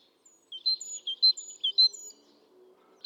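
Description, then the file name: Great tit singing a quick run of clear, high, alternating two-part notes that repeat rhythmically for about a second and a half, over a quiet, faint background. "Parus major"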